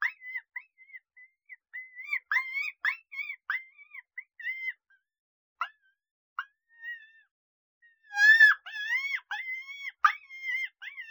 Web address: Coyote -Pups